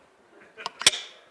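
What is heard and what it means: The seat latch of an Autofarm Raizor Lift-Up vehicle seat is reconnected after its parts come apart, with faint handling noise followed by two light clicks at 0.7 s and 0.8 s. The latch then snaps home sharply at 0.9 s, leaving a brief bright ringing tail. The seat is seated, and this snap is the sign it will not drop the rider, so the up button should not be pressed unless it is heard.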